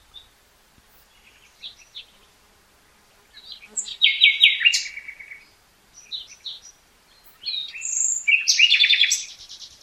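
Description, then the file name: Common nightingale song: varied phrases of chirps, buzzy trills and rapid repeated notes, separated by short pauses, ending in a loud rattling burst. "Luscinia megarhynchos"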